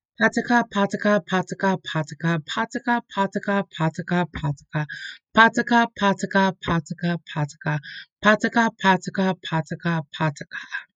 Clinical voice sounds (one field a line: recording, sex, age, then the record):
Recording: repeated syllables /pa ta ka/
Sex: female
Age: 30 to 39 years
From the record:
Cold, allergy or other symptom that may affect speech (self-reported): no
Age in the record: 39 years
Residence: Connecticut, United States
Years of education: 12